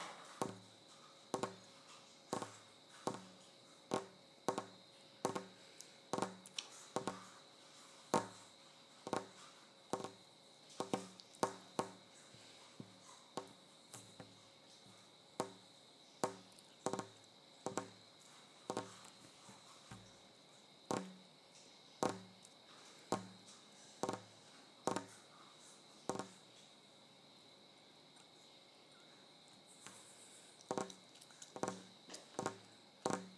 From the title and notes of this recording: ASMR Tapping the Kitchen Counter.